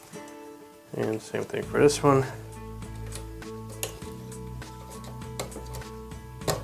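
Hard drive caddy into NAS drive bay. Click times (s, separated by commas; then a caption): 6.5 s. A second hot-swap hard drive caddy is pushed into a bay of a Seagate NAS 4TB (STBN4000100) and latched, with the power running. Someone talks over music, and small taps and knocks are heard as it slides in. It clicks into place at 6.5 s and is seated.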